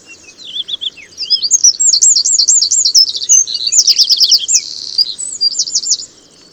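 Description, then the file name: Eurasian wren delivering a sustained, energetic song of high, rapid trills and twitters lasting several seconds. "Troglodytes troglodytes"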